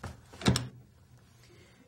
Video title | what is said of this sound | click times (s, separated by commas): Zoll Auto Pulse Training Video | you will hear a click as the latch engages when properly installed | 0.6 s